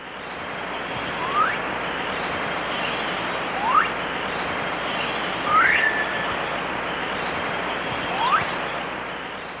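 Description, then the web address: Wattled guan giving thin, rising whistled calls every few seconds, partly masked by a steady loud hiss. Ecuador. "Natures Songs S America Birds of Ecuador Wattled Guan"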